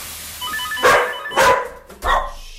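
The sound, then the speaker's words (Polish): A dog gives three loud, sharp barks in an uneven rhythm, greeting people as it greets everyone, with faint high chirping in the background before the first bark. “I tak wita każdego. Taki pies obrodny.”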